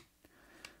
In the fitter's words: clicked into place.